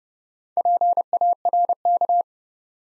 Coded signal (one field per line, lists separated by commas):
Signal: Morse code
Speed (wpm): 30 wpm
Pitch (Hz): 700 Hz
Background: none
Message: PARK